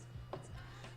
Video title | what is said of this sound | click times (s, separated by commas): LDO Voron 0.2 build: Mini Stealthburner LEDs and Build Volume Lights [Part 8] | this just goes on there and I can really like snaps into place | 0.3 s